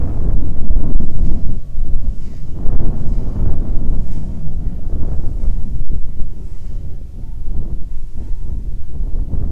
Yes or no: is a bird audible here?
yes